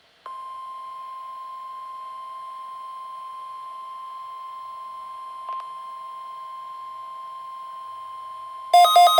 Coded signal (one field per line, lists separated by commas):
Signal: Emergency Alert System (SAME) tones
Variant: 1050 Hz attention tone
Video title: NOAA Weather Radio: Required Weekly Test (EAS #5)